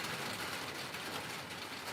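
A plastic handle and throttle assembly is pressed down into the rear handle housing of a Stihl 019T chainsaw while it is being put back together. Only a steady, even broadband noise is heard, with no sharp snap. Nothing has seated or clicked yet.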